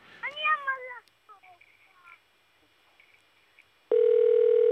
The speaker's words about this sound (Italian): Voglio sentire lo squillo di Casa Gaucci.